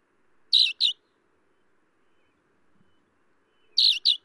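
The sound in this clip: Alpine accentor calls: short buzzy notes given in doubled bursts, one pair early and another about three seconds later, otherwise quiet.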